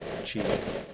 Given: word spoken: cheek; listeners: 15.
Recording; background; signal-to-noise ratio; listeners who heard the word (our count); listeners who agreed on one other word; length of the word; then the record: one English word in noise, from a listening test; noise modulated by three-talker babble; -5.9 dB; 2 of 15; 9 of 15; 0.54 s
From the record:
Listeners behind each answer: 9, 2, 2, 1, 1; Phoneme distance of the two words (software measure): 10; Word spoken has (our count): 1 syllable, 3 phonemes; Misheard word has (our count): 1 syllable, 3 phonemes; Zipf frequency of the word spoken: 3.93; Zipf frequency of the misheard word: 4.65